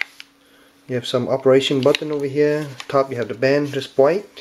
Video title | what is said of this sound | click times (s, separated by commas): August EP640 Stereo Bluetooth Wireless Headphones with NFC | let's see the hinge do snap in place so let's see here | 0.0 s